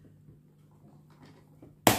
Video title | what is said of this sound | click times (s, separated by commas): 🥰 AIRZEEN ROBOT ASPIRATEUR LAVEUR J10 🤗 AMAZON 🥰 #amazon #unboxing #robot | et ça fait clic. | 1.9 s